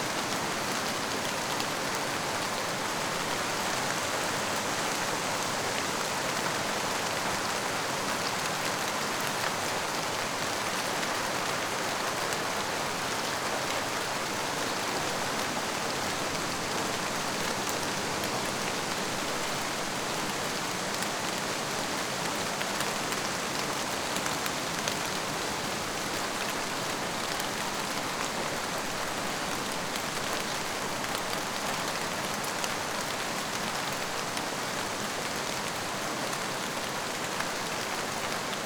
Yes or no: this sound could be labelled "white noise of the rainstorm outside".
yes